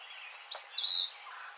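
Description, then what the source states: Eastern phoebe giving a single raspy two-note phrase, a quick sharp opening followed by a burry, buzzy second part, against quiet hiss. Recorded 9 May 2007.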